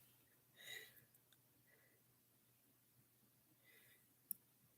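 A small metal part of a wristwatch's keyless works, the time-setting mechanism, is worked into its hole in the movement, with faint soft handling sounds around 0.7 s and 3.8 s. A single sharp click at 4.3 s marks the part seating into place.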